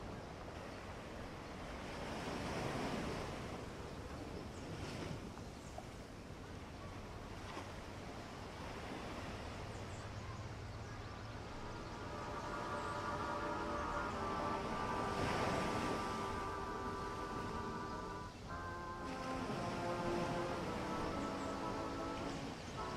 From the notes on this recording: ocean waves w/ birds, seagulls